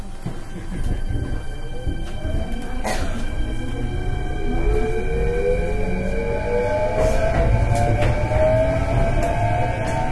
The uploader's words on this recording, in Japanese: 近鉄5820系列 大阪線急行 八木から上本町まで。近畿日本鉄道 5820系電車の走行音です。大阪線の急行列車で録音しました。It is the sound of a motor.